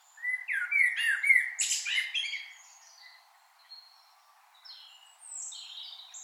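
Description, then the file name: Common blackbird singing a rich fluted phrase that ends in a sharp high twitter. Fainter, thin high notes follow in the quieter second half. "Turdus merula"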